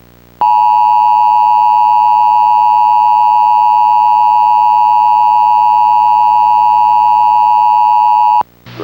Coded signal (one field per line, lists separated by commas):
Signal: Emergency Alert System (SAME) tones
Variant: 853 and 960 Hz attention tone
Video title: EAS Mock: One of Hurricane Judah of 2001's Flash Flooding Message